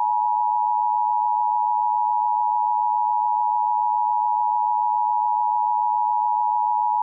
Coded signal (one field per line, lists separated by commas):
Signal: Emergency Alert System (SAME) tones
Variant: 853 and 960 Hz attention tone